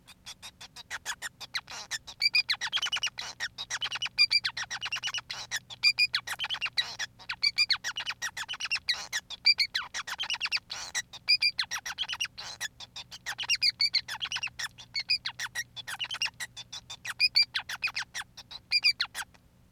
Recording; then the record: song of a male Bengalese finch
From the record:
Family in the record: son of father 5